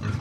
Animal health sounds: pig call; growing-finishing pig (85 days or more)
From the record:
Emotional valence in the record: positive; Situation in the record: run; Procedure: transit

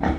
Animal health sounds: pig call; growing-finishing pig (85 days or more)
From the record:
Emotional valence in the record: negative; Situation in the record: barren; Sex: female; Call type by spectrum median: low-frequency call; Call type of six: low-frequency tonal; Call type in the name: low-frequency stable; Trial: 2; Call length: 0.19 s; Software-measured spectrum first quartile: 184 Hz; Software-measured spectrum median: 391 Hz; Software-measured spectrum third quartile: 884 Hz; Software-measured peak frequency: 74 Hz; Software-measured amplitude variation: 127 dB a second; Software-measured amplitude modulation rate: 12.9 a second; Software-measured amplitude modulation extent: 9.8 dB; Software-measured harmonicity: 0.0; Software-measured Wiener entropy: -0.92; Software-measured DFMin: 528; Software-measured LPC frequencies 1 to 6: 751, 1746, 3363, 4047, 5275, 5914 Hz

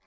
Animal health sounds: pig call; piglet (1 to 25 days)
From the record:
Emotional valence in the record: positive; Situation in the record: short reunion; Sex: female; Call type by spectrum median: low-frequency call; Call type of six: low-frequency tonal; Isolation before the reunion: 3 minutes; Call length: 0.07 s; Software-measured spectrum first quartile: 639 Hz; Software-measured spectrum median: 1626 Hz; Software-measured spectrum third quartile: 3248 Hz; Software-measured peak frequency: 40 Hz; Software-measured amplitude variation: 21 dB a second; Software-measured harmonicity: -1.2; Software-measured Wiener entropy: -0.97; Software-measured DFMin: 483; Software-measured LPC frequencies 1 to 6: 958, 2255, 3515, 4393, 5092, 5823 Hz

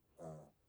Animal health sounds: pig call; piglet (1 to 25 days)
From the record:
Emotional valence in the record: negative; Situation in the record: restrain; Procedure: back test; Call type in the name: low-frequency call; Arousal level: low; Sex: male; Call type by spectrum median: low-frequency call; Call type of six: low-frequency stable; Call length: 0.69 s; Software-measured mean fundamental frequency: 54 Hz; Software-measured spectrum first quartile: 213 Hz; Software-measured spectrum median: 491 Hz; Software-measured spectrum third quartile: 809 Hz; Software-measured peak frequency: 634 Hz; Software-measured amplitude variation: 134 dB a second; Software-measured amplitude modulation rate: 18.9 a second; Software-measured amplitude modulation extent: 7.1 dB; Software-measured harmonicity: 2.6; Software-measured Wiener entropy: 0.38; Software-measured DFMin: 1055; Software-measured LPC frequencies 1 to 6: 614, 3468, 4481, 6259, 6883, 7922 Hz

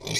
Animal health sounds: pig call; weaner (32 to 43 days)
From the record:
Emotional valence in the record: negative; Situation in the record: novel object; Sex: female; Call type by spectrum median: high-frequency call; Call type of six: high-frequency stable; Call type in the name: high-frequency stable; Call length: 0.20 s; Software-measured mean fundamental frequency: 207 Hz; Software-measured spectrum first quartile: 930 Hz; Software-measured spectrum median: 3242 Hz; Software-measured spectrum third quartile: 5173 Hz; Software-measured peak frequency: 158 Hz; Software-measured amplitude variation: 178 dB a second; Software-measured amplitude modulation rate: 22.5 a second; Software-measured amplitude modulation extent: 7.9 dB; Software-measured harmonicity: 2.2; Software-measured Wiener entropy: -2.14

